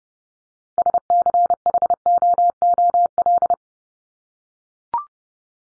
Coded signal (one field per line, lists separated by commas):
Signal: Morse code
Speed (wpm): 30 wpm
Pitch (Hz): 700 Hz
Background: none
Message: SCHOOL